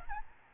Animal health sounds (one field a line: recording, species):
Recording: mosquito wingbeat signal from an infrared sensor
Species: Aedes albopictus